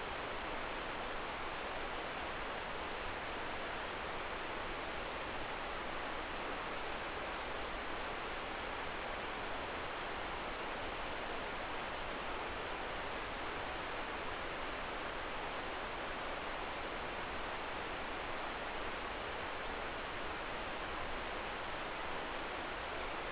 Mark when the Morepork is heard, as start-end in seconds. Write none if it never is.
none